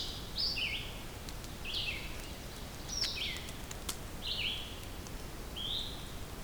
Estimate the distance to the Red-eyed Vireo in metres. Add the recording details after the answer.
about 35 m. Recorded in boreal forest in Alberta, Canada, on 2 June 2016 at 07:52. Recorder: SongMeter 3, array SBT-3-7. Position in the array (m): 74 m, 141 m